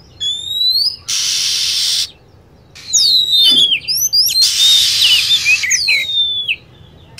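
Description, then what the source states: Lovebird calling with shrill descending whistles and long rasping, hissy bursts, then a busy run of squeaky notes. Lure sound used to attract lovebirds.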